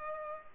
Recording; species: mosquito wingbeat signal from an infrared sensor; Culex pipiens